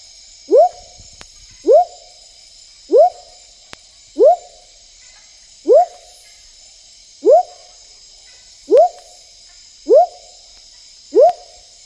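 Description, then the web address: Smoky jungle frog calling, a short upward-sweeping whoop repeated nine times about every second and a quarter, over a steady high hum. Ecuadorian Amazon, South America. "Natures Songs S America Frogs of Ecuadorian Amazon Leptodactylus pentadactylus"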